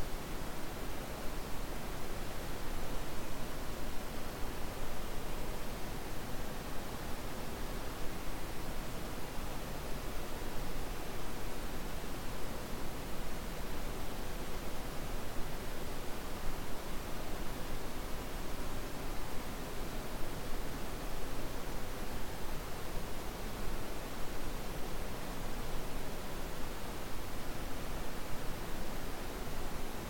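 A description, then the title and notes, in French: Heavy, continuous rain forms an unbroken wash of hiss, dense and even from deep rumble up to bright sizzle. The level holds steady for the full thirty seconds, with no distinct drops, pauses or other sounds standing out. Le son d'une forte pluie en continue (bruit blanc).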